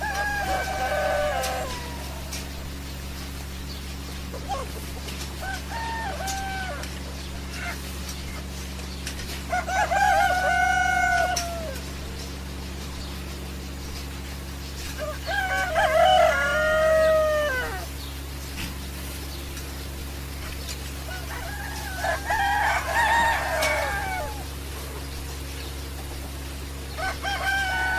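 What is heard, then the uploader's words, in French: Farm animals call in short bursts over a steady low hum: rooster-like crows and clucking squawks rise and fall near the start, around 10 seconds, at 16–17 seconds and again at 22–24 seconds. Between calls, only the constant low drone and faint rustling remain. A la ferme avec ses animaux.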